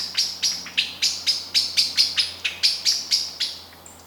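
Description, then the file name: Eurasian blackbird calls: hard metallic notes repeated steadily, about four each second. "Turdus merula"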